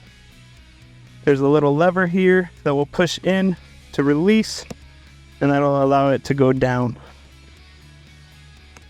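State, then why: Seated. Someone talks over background music while a release lever is pressed and the headrest post slides down into the seat back of a Pride PX4 mobility scooter. A single sharp click at 8.8 s marks the headrest locking into place.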